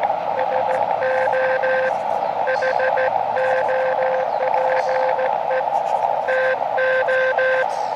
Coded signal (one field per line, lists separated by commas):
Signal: Morse code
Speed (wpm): 14 wpm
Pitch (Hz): 520 Hz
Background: radio noise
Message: SO HOPE TO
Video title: Elecraft KX2 Random Wire Antenna | QRP Portable Test